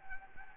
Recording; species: mosquito wingbeat signal from an infrared sensor; Anopheles gambiae